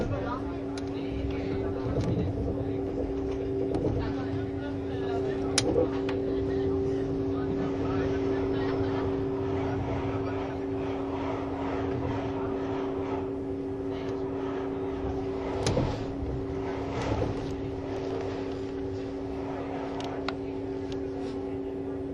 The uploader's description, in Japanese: スイスでは主力の車体傾斜車両であるRABDe500形ICN、その本領を発揮するゴッタルド線の列車